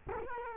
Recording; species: mosquito wingbeat signal from an infrared sensor; Culex quinquefasciatus